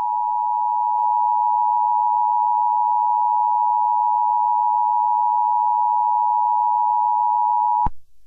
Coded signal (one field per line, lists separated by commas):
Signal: Emergency Alert System (SAME) tones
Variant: 853 and 960 Hz attention tone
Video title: EAS Scenario #5: Long valley verneshot event